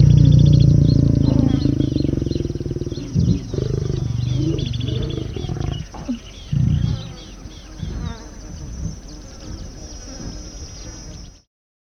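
Lion giving low, rasping mating growls that start strong and steady, then break into shorter grunting pulses that fade toward the end.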